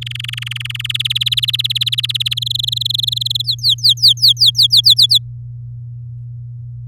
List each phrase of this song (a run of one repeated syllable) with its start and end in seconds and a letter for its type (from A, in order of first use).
0.01-0.87 A, 0.89-2.34 B, 2.37-3.42 C, 3.44-5.18 D